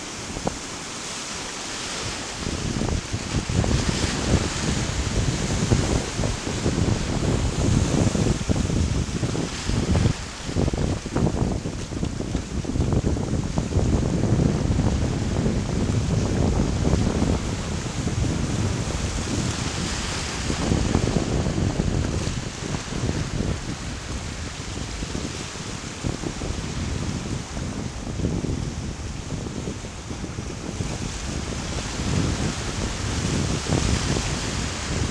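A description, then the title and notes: The sea roars in a dense, steady wash, heaviest in the low end with a constant hiss above. Gusts of wind buffet the microphone throughout, and broader surges swell around twenty and thirty seconds before easing back. Sea.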